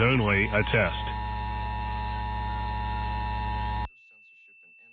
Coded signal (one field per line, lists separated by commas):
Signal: Emergency Alert System (SAME) tones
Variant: 853 and 960 Hz attention tone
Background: speech